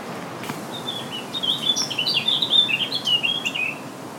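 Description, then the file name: Eurasian blackcap song: a rich, rapid warble of mixed fluty and chattering notes running for about two and a half seconds over light hiss. "Sylvia atricapilla"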